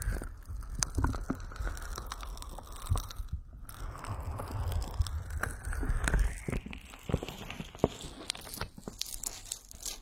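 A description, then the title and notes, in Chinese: Oily hands rub and knead around the ears, a dense run of slick crackling squelches with low thumps, easing briefly near four seconds. 精油揉搓耳朵。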